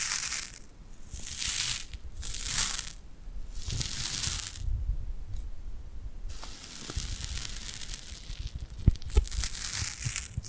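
Tingly glued hand sounds: sticky, crackly peeling and rubbing come in bursts roughly every second or two through the first six seconds. After that the crinkling turns steadier and denser, with a few sharp clicks and taps near nine seconds.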